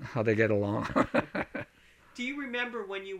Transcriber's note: he laughs